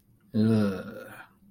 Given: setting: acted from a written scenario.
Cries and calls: vocal sound without words; contempt

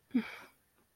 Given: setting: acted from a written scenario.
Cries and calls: vocal sound without words; contentment

